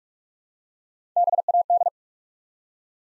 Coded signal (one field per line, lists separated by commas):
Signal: Morse code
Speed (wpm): 44 wpm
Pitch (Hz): 700 Hz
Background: none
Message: BAD